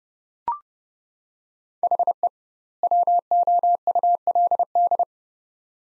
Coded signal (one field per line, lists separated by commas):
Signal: Morse code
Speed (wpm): 31 wpm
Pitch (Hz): 700 Hz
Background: none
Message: HE WOULD